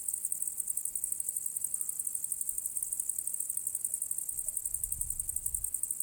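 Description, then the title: Crickets chirping in a fast, steady high-pitched pulsing trill throughout, with a brief low rumble near the end. Recorded on the southern slope of the path to the Cosilinium archaeological area, with a Zoom H6 and MSClip capsule. "Grilli e cicale a Cosilinium"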